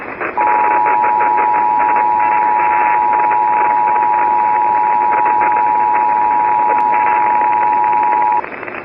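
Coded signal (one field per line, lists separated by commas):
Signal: Emergency Alert System (SAME) tones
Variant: 853 and 960 Hz attention tone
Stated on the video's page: EAS tones ripped from an existing source, used in a fictional nuclear attack recreation.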